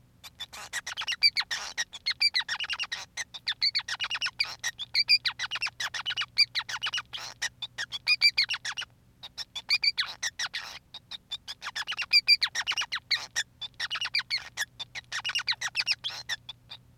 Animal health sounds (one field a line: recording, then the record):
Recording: song of a male Bengalese finch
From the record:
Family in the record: son of father 5